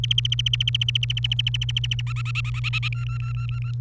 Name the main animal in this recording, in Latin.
Serinus canaria